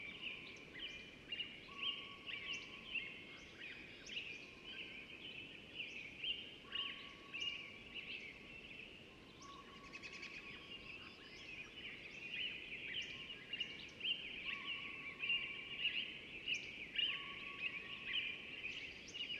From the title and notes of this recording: Dawn chorus in a temperate deciduous forest, from quiet air broken by awakening American Robins through an active soundscape with Pygymy Owls, Ruffed Grouse, Flycatchers, and several Robins close far far, including close flutters. Spring season. Stereo downmix mastered from original quad Tree Ears recording. Recorded in the beautiful Pacific Northwest in Washington, United States.